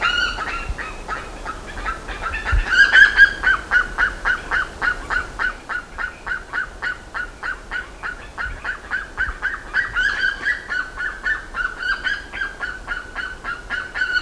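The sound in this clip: Bird giving a long, quick stream of harsh yelping notes that swell louder near the start and continue steadily, with a constant noisy background.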